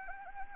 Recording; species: mosquito wingbeat signal from an infrared sensor; Anopheles arabiensis